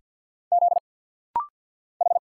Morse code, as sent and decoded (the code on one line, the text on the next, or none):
--.. / ....
Z H